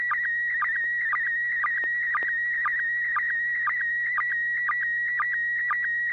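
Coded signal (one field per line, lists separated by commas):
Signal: SSTV (slow-scan television)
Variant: PD120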